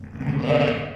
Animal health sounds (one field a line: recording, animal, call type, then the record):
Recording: contact call of a hoofed animal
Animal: sheep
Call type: low-frequency (closed-mouth) or high-frequency (open-mouth) call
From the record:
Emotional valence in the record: negative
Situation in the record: short social isolation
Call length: 0.95 s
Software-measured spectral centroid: 1360 Hz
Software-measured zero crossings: 1220 a second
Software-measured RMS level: -23 dBFS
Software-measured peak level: -7 dBFS